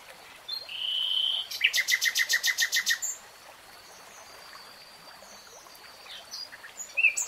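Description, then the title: Nightingale song: a pure whistled note, then a rapid series of about a dozen loud, sharp repeated notes, followed by quiet with faint high notes. Nightingale singing in real time. "[Tiếng chim hót] 3 Hours REALTIME Nightingale Singing"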